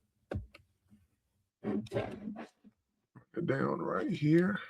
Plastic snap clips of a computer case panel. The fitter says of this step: You hear it popping. Same over here.